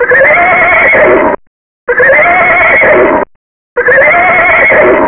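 Horse whinny, a loud wavering neigh with shaky, quavering pitch, heard three times in a row with brief silent gaps between each call.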